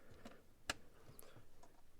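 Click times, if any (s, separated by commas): none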